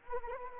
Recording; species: mosquito wingbeat signal from an infrared sensor; Anopheles arabiensis